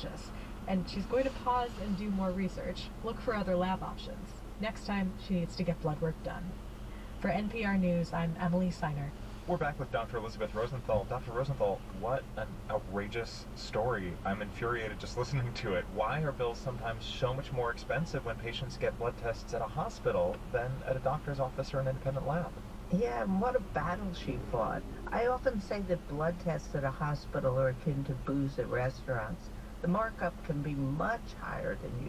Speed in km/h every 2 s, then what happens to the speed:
0, 0, 0, 0, 0, 0, 0, 0, 0, 0, 0, 0, 0, 0, 0, 0.
0-32 standing.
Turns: none.